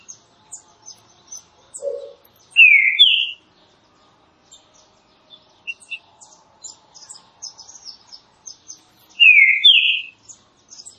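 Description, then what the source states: Green-winged saltator song: a two-note whistled phrase, given twice about seven seconds apart, with high thin chirping throughout. Classic song style, used for training.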